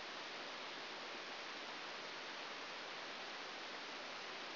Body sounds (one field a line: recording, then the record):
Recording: brain microelectrode recording played as sound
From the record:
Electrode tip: outside the subthalamic nucleus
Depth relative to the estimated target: -3 mm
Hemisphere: right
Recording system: AlphaMap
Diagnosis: Parkinson's disease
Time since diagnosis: 12 years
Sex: male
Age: 57 years